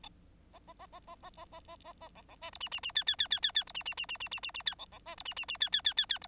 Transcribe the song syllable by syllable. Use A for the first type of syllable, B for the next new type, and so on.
A A A A A A A A A A A B B C D E E E F F F F F F D E E E E E E E E F B B C D E E E F F F F F D